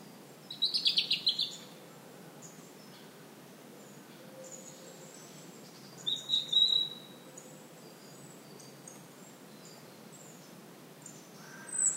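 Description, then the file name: European robin giving a quick burst of clipped high notes near the start, a thin high whistle midway and a final note at the end. "Erithacus rubecula"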